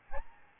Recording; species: mosquito wingbeat signal from an infrared sensor; Aedes albopictus